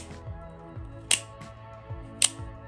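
The steel blade of a Daggerr Koshchei Slim folding flipper knife is flipped open, and its lock engages in the handle with a sharp click at 1.1 s, over steady background music. A second, similar sharp click follows at 2.2 s. The blade seats and locks firmly, giving an impression of absolute reliability.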